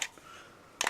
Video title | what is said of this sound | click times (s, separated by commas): Glock 17L Upgrades - Magpul Enhanced Magwell & Glock OEM +2 Magazine Extension Installation | Not a problem there. Locks into place good. | 0.8 s